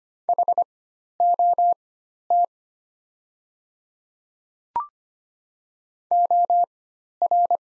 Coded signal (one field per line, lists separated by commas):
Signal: Morse code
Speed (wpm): 25 wpm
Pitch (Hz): 700 Hz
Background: none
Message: HOT OR